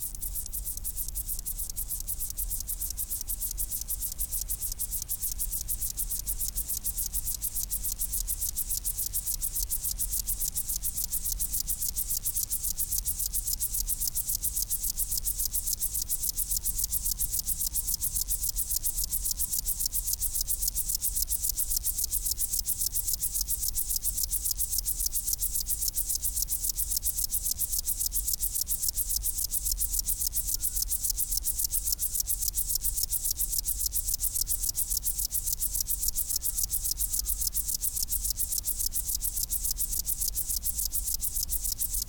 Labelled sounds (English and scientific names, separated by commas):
Upland Field Grasshopper (Chorthippus apricarius)